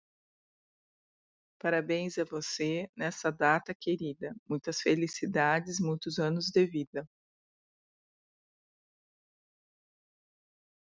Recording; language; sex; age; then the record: short text; Brazilian Portuguese; female; 40 to 49 years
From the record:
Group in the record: control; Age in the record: 41 years